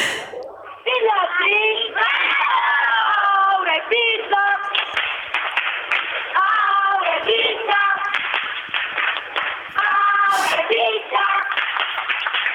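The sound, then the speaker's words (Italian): A group of children in Ibiza shouts and cheers together for several seconds, greeting listeners live over the phone, their high-pitched voices overlapping in bursts, with scattered claps, all sounding thin and tinny as if heard over a phone line. “abbiamo preparato una sorpresa perché volevamo salutarvi in diretta. Ma ci teniamo, sì. I bambini a farlo.”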